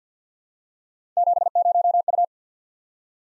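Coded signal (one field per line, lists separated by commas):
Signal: Morse code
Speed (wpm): 51 wpm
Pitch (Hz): 700 Hz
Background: none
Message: 70U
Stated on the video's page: Morse practice at 50 wpm: random three-character letter-number groups sent twice for head-copy.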